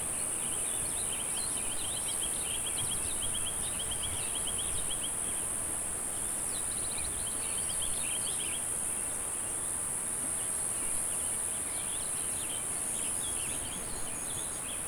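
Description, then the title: Cicadas give a steady, unbroken high-pitched buzz, with many small bird chirps and twitters and a constant low rumble of background noise. "neoscenes: cicadas"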